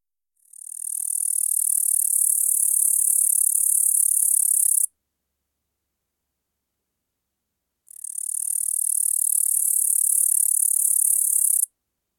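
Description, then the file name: Upland green bush-cricket song, a continuous high, buzzy shrill lasting about four seconds, a pause of three seconds, then another similar four-second burst. "Tettigonia cantans"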